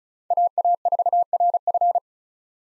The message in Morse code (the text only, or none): AA4RF